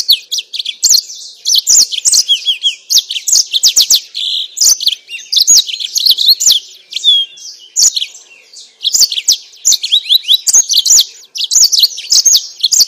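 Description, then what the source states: Yellow-fronted canary song: a rapid stream of high, sweet chirps and trills with fast rising and falling notes. Mozambique singer used for training captive birds.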